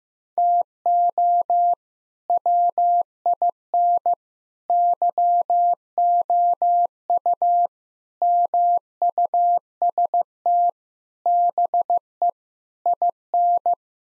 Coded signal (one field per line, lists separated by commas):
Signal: Morse code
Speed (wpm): 15 wpm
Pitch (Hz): 700 Hz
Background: none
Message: TO WIN YOU MUST BE IN